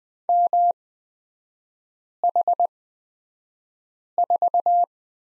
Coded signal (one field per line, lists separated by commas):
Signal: Morse code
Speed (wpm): 20 wpm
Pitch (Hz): 700 Hz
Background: none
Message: MH4